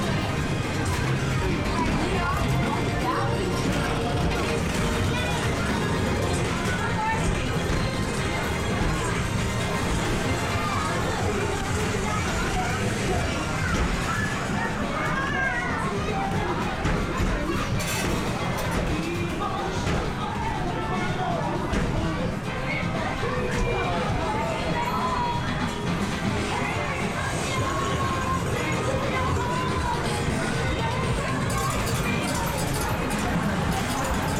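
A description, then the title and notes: An English seaside town amusement arcade fills with a steady wash of lively chatter and crowd babble over the whirr of machines. The din stays dense and even throughout, with small bright clinks and chimes popping up now and then, including a sharp tick around seventeen seconds. The nostalgic ambiance of an English seaside town amusement arcade. The sounds of clinking coins, whirring machines, and lively chatter. This binaural field recording captures the vibrant ambiance of a bustling arcade.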